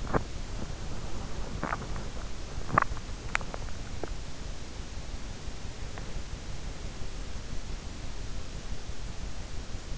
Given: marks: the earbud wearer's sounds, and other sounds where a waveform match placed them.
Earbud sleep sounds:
sounds in sleep by an in-ear microphone; teeth grinding, breath, swallowing
0.00-0.39 s: teeth grinding
0.62-3.56 s: breath
1.33-4.17 s: swallowing

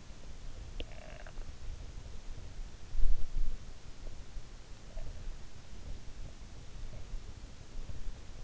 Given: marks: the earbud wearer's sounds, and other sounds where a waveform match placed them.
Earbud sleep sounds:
sounds in sleep by an in-ear microphone; snoring breath
0.72-1.60 s: snoring breath

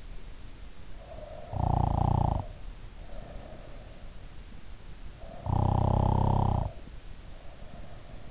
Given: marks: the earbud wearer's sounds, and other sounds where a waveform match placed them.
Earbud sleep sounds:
sounds in sleep by an in-ear microphone; snoring breath
0.77-4.20 s: snoring breath
5.00-8.31 s: snoring breath

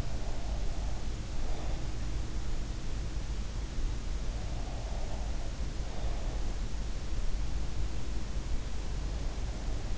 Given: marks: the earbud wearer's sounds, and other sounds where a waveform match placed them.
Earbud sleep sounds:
sounds in sleep by an in-ear microphone; breath
0.00-2.06 s: breath
4.36-6.57 s: breath

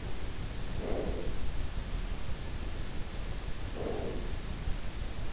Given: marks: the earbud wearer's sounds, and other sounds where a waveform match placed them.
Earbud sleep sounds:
sounds in sleep by an in-ear microphone; breath
0.40-2.06 s: breath
3.14-4.73 s: breath

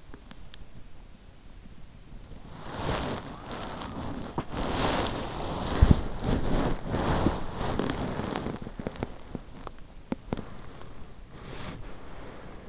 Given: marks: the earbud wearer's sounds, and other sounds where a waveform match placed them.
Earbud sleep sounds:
sounds in sleep by an in-ear microphone; swallowing, body movement
0.00-1.52 s: swallowing
2.59-12.69 s: body movement

